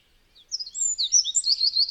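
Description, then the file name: Eurasian wren song fragment: a quick burst of high, tumbling, squeaky notes that run together and grow louder toward the end. "Strzyzyk"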